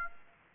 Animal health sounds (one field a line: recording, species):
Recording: mosquito wingbeat signal from an infrared sensor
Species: Aedes aegypti